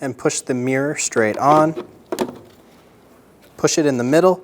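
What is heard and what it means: Someone talks while replacement lower side mirror glass with a plastic backing for a 2014-2018 Chevrolet Silverado 1500 is lined up and pushed in the middle, straight onto the mirror motor's clips. Two brief sharp sounds occur near 2.1 and 2.2 seconds between the speech. Nothing has clicked or seated yet.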